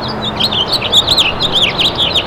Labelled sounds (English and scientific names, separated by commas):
House Finch (Haemorhous mexicanus) song